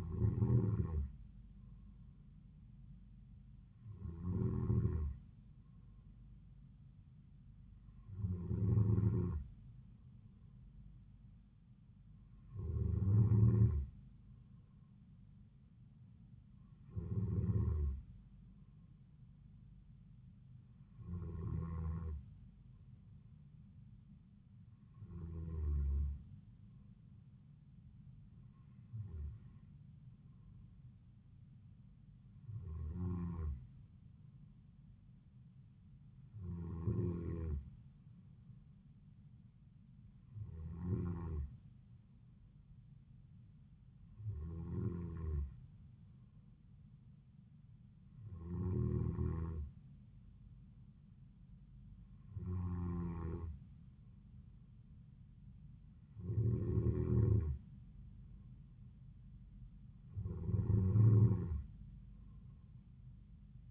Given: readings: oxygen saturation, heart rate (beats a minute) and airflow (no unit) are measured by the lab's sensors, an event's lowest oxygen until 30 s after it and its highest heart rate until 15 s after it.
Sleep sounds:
breathing in sleep by a smartphone at the bedside; none
none scored
From the record:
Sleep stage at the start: N2 (light sleep); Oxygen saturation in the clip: 93 to 94%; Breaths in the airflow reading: 16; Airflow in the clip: -3.9 to 3.4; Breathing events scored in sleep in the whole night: 270 in 6.1 hours asleep

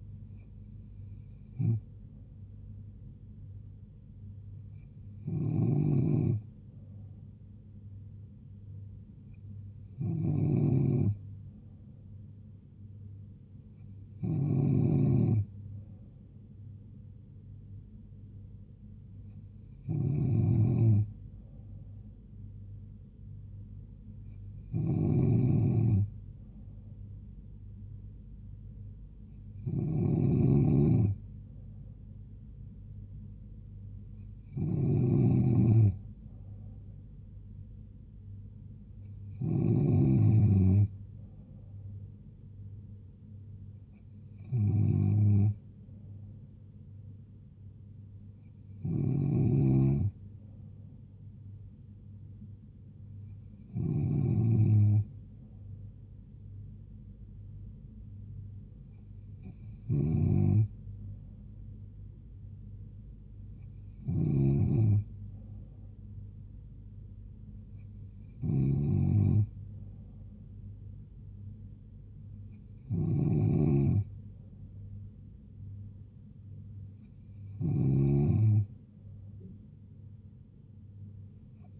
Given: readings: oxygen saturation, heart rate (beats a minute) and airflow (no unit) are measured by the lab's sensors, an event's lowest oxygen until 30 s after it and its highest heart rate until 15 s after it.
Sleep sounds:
breathing in sleep by a smartphone at the bedside; none
28.00-58.00 s: new sleep stage, N2 (light sleep)
58.00-81.80 s: new sleep stage, N3 (deep sleep)
From the record:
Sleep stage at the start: N3 (deep sleep); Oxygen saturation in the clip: 94 to 95%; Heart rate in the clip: 70 to 76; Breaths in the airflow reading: 18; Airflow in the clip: -2.6 to 2.0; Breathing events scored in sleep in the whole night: 158 in 7.3 hours asleep

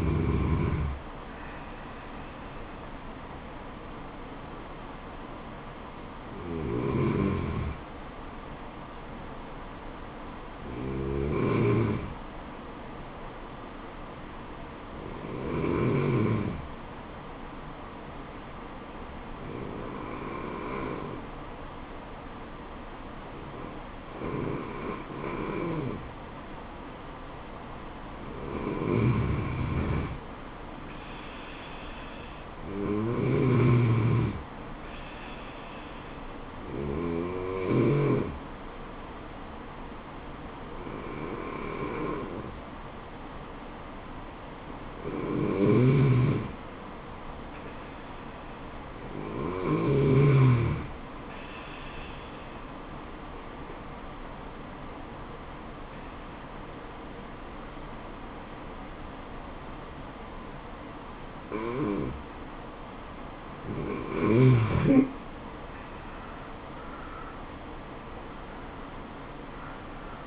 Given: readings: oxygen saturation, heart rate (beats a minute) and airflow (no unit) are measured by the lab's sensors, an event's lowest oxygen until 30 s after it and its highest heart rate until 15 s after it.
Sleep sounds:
breathing in sleep by a voice recorder at the bedside; 2
5.00-29.10 s: hypopnea (N1, oxygen 96% highest, then 90% lowest, heart rate 74 at the start, 77 highest)
21.00-70.27 s: new sleep stage, N2 (light sleep)
56.00-66.00 s: obstructive apnea (N2, oxygen 93% highest, then 90% lowest, heart rate 77 at the start, 77 highest)
From the record:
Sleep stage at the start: N1 (lightest sleep); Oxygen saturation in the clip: 83 to 96%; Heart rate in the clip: 68 to 77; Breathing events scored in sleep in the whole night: 426 in 7.4 hours asleep

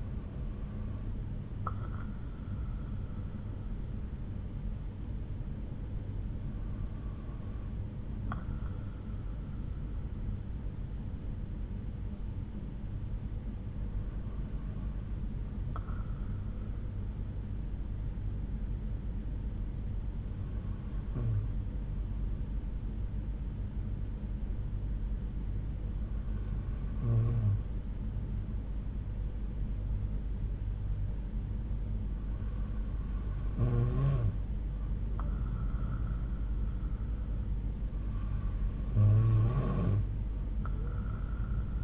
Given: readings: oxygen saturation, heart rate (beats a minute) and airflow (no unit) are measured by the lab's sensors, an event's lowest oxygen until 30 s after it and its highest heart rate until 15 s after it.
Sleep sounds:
breathing in sleep by a smartphone at the bedside; 1
14.00-35.90 s: hypopnea (N2, oxygen 95% highest, then 92% lowest)
From the record:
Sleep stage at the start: N2 (light sleep); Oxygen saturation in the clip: 93 to 95%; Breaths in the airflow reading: 7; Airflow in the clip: -4.8 to 4.0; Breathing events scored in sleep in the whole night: 368 in 8.0 hours asleep

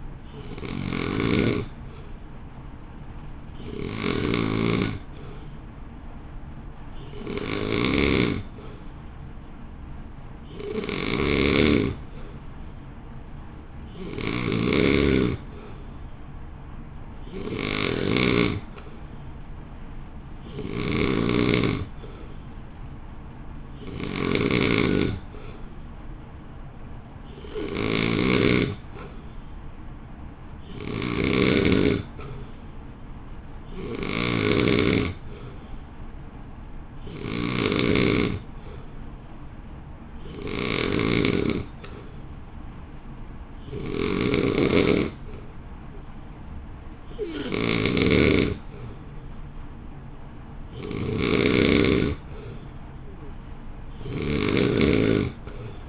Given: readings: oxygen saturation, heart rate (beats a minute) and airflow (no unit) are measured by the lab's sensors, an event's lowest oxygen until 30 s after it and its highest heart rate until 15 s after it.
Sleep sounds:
breathing in sleep by a smartphone at the bedside; none
none scored
From the record:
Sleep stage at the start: N2 (light sleep); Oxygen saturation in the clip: 89 to 91%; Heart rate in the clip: 54 to 58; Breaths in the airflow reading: 21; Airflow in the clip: -1.3 to 0.9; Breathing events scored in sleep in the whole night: 328 in 6.3 hours asleep

